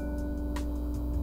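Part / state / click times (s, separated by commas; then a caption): plastic wing piece into the keyhole slot on a toy pony's back / seated / 0.6 s. Plastic wings are pushed into a keyhole-shaped socket on the back of a toy pony figure, and they click into place at 0.6 s. A short click stands out over steady background music, and the wings end up seated.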